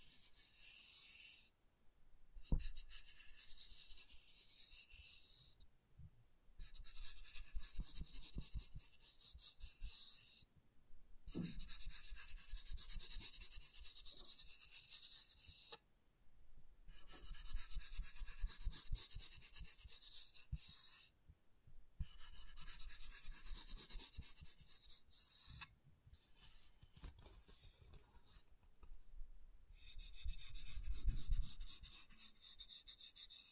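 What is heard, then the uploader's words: Wood triggers: repeated bursts of bright rubbing and rasping strokes, each lasting a few seconds and separated by short pauses. The scratching is dense and textured, with occasional low thuds, such as near the start and around the 30-second mark. ASMR Calming Wood Triggers for Sleep (No Talking).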